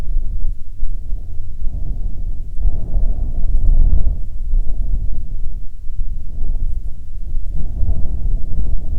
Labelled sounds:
wind
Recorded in the Prudhoe Bay oil fields, Alaska, on 7 August 2019 at 14:47
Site 17

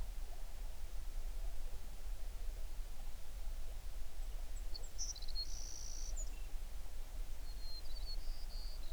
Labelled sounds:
songbird
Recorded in the Prudhoe Bay oil fields, Alaska, on 11 June 2019 at 05:34
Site 21

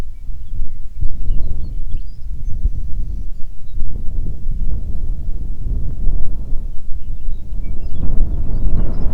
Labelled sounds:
songbird
wind
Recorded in the Prudhoe Bay oil fields, Alaska, on 9 June 2019 at 16:49
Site 21

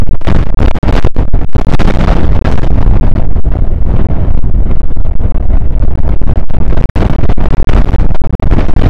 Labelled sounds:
wind
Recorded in the Prudhoe Bay oil fields, Alaska, on 1 August 2019 at 02:04
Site 29

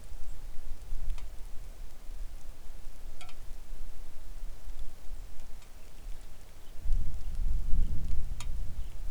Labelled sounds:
songbird
wind
rain
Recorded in the Arctic National Wildlife Refuge, Alaska, on 3 August 2019 at 09:59
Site 41

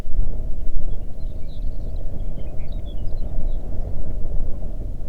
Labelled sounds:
songbird
wind
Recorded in the Arctic National Wildlife Refuge, Alaska, on 3 June 2019 at 04:45
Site 37

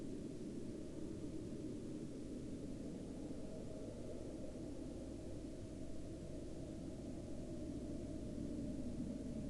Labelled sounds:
aircraft
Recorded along the Dalton Highway, Alaska, on 20 March 2019 at 10:14
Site 06

